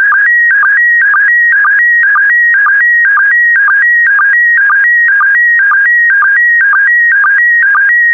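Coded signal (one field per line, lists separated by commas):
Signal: SSTV (slow-scan television)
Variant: PD120 mode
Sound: warbling electronic tone switching between pitches, with regular short low chirps twice a second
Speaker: complete you can now check your decoded image against the picture that is shown on the video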